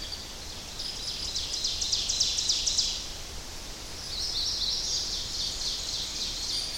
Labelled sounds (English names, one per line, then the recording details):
Ovenbird song
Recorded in boreal forest in Alberta, Canada, on 10 June 2016 at 08:56
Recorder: SongMeter 3, array SBT-3-39
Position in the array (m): 270 m, 158 m
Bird 19